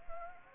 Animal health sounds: mosquito wingbeat signal from an infrared sensor; Anopheles arabiensis

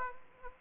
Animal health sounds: mosquito wingbeat signal from an infrared sensor; Aedes aegypti

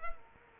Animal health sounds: mosquito wingbeat signal from an infrared sensor; Culex quinquefasciatus

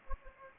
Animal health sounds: mosquito wingbeat signal from an infrared sensor; Anopheles gambiae

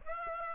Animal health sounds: mosquito wingbeat signal from an infrared sensor; Aedes aegypti

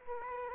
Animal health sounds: mosquito wingbeat signal from an infrared sensor; Aedes aegypti

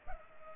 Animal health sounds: mosquito wingbeat signal from an infrared sensor; Culex pipiens

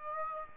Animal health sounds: mosquito wingbeat signal from an infrared sensor; Aedes aegypti

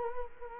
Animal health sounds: mosquito wingbeat signal from an infrared sensor; Culex quinquefasciatus

